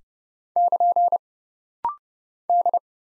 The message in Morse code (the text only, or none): <KN> D